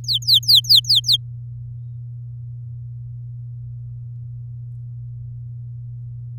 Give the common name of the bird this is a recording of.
Domestic Canary